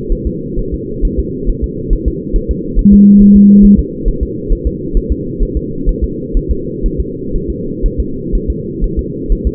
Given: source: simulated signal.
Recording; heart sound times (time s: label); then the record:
fetal heart sounds
0.12 s: S1
0.27 s: S2
0.59 s: S1
0.74 s: S2
1.05 s: S1
1.19 s: S2
1.50 s: S1
1.64 s: S2
1.93 s: S1
2.08 s: S2
2.36 s: S1
2.51 s: S2
2.79 s: S1
2.93 s: S2
3.22 s: S1
3.36 s: S2
3.65 s: S1
3.79 s: S2
4.08 s: S1
4.23 s: S2
4.52 s: S1
4.67 s: S2
4.97 s: S1
5.12 s: S2
5.43 s: S1
5.57 s: S2
5.89 s: S1
6.04 s: S2
6.37 s: S1
6.51 s: S2
6.86 s: S1
7.00 s: S2
7.36 s: S1
7.50 s: S2
7.86 s: S1
8.00 s: S2
8.35 s: S1
8.50 s: S2
8.84 s: S1
8.99 s: S2
9.32 s: S1
9.47 s: S2
From the record:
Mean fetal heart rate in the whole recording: 130 bpm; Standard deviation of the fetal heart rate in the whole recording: 4 bpm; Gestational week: 38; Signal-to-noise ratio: -6.6 dB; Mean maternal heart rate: 72 bpm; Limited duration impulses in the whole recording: present